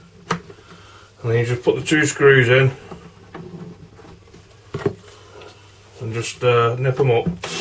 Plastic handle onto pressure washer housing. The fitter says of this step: You get the screws with it. You slide the handle on till it clicks